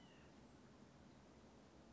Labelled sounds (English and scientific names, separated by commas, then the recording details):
White-breasted Nuthatch (Sitta carolinensis)
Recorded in Sonoma County, California